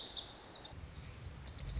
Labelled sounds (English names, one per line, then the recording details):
Lazuli Bunting
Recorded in Sonoma County, California